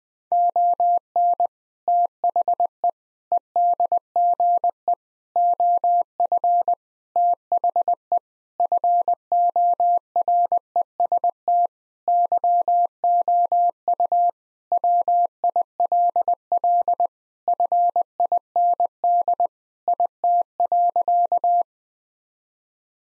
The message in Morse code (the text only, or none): ON THE EDGE OF THE FOREST YOU WILL FIND IT.